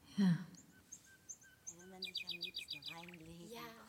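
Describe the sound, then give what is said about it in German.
Several birds call over one another: short high chirps and a rapid run of bright trilling notes, with lower fowl-like clucking and a soft murmur of voices underneath. “Hörst du das? Woher kommen diese Vögel?”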